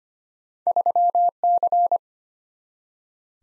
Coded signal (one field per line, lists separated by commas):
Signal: Morse code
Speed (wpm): 33 wpm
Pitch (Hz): 700 Hz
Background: none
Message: 3C